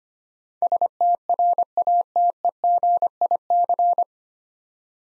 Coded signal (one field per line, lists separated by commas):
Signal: Morse code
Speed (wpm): 25 wpm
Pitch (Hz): 700 Hz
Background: none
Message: STRATEGIC